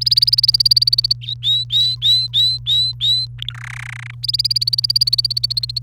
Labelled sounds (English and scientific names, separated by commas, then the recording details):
Domestic Canary (Serinus canaria) song
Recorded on 28 April 2018 at 12:32
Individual llb3